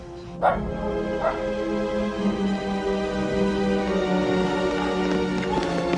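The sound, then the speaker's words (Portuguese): Dogs bark in a few sharp bursts over steady, high-pitched whining and whimpering that continues throughout, with no talking. “Antes de matar os cachorros, me traz o São Bernardo para o teste de munição.”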